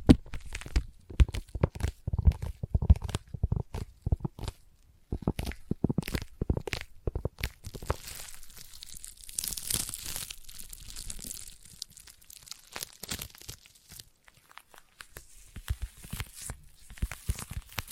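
Sticky tapping in dense, irregular bursts of crackly, peeling clicks, heavier and lower early on, turning to brighter fizzing crinkles after eight seconds.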